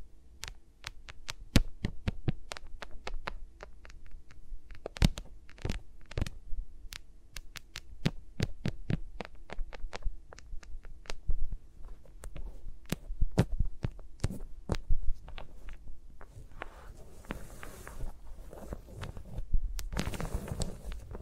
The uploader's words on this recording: ASMR with Mics Around My Fingers (No Talking).